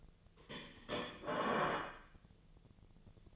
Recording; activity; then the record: daily activity, microphone in the room; place plate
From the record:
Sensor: 4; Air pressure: 1010.2 hPa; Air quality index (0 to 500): 181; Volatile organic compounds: 5 ppm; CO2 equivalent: 1834 ppm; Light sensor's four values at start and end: 30/91/35/35 and 30/91/35/35